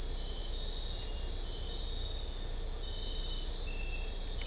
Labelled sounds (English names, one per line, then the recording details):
none
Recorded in dense forest near Puerto Asís, Putumayo, Colombia, on 21 December 2024 at 23:00
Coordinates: 0.500, -76.322
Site G053